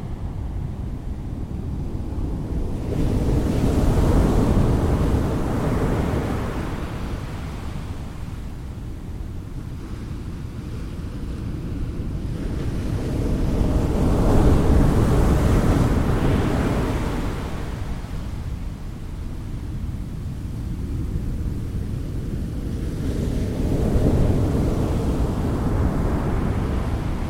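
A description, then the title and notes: Gentle ocean waves roll in with a low, steady rumble, swelling and hissing around 4, 15 and 25 seconds before easing back each time. Calming, gentle ocean waves.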